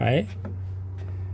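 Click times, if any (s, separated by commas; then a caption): none. A replacement home circuit breaker is handled at an electrical panel, being lined up to push back in onto the bus bar, while someone talks over a steady low hum. There is only faint handling noise, and nothing has seated or clicked yet.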